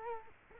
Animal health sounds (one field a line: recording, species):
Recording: mosquito wingbeat signal from an infrared sensor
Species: Culex quinquefasciatus